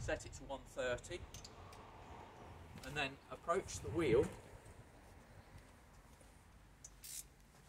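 Someone talks while a torque wrench set to 130 newton meters is brought to a caravan wheel and its socket is fitted onto a wheel nut before pushing to torque. Only small handling sounds are heard, with a brief sharp sound near 6.9 s. Nothing has clicked yet.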